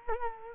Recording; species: mosquito wingbeat signal from an infrared sensor; Culex quinquefasciatus